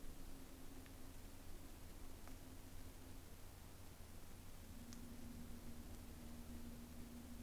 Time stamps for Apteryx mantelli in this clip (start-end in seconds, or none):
none